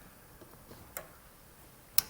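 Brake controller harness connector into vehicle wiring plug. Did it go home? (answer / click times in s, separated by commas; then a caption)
yes / 2.0 s. A Redarc Tow-Pro Link Bluetooth brake controller harness connector is plugged into the factory wiring plug of a 2023 Jeep Gladiator, with its white locking clip pulled back. A faint tick at 1.0 s is followed by a sharp, louder click at 2.0 s as the connector seats.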